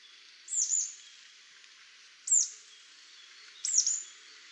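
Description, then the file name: Marsh tit calls: three sharp, very high notes that drop quickly in pitch, spaced about one and a half seconds apart, against a soft hiss. "Poecile palustris"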